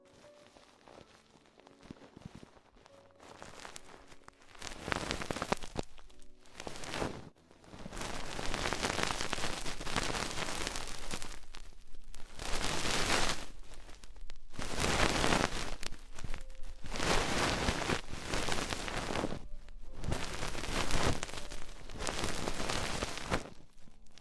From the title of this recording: Extremely Tingly Ear Exploration